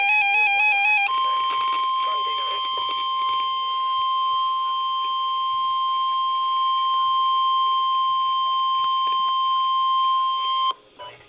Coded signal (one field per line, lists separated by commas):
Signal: Emergency Alert System (SAME) tones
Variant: 1050 Hz attention tone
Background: music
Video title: EAS #827: Winter Storm Warning (12/7/2013)